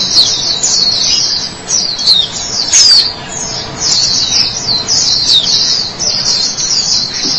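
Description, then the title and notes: White-eye song of rapid high twittering notes, mostly continuous, with a few brief dips in volume and a sharper squeaky note near the middle. "Suara kicauan burung pleci"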